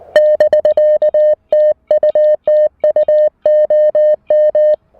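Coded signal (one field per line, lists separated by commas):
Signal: Morse code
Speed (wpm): 19 wpm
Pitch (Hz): 590 Hz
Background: music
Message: <BK> TU TU OM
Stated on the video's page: Parks on the Air activation using a Mountain Topper MTR-4B V2 QRP rig, operating on 40 meters among other bands; radio audio is loud.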